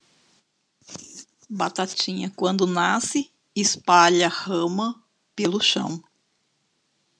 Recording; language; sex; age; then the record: short text; Brazilian Portuguese; female; 60 to 69 years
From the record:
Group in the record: control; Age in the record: 62 years